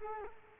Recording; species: mosquito wingbeat signal from an infrared sensor; Culex quinquefasciatus